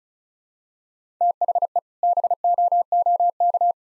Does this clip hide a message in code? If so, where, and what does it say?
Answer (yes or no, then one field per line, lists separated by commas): yes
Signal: Morse code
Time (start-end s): 1.2-3.7 s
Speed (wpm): 36 wpm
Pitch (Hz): 700 Hz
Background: none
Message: THE BOOK